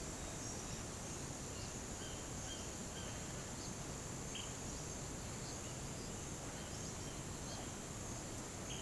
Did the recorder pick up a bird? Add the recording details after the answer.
yes. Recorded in pastures near Puerto Asís, Putumayo, Colombia, on 30 June 2025 at 10:00. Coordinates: 0.472, -76.331. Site G095